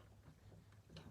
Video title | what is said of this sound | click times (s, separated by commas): How to replace front and back speakers on 2003 wrx impreza bugeye | again this piece should just very easily just pop into place let's | 1.0 s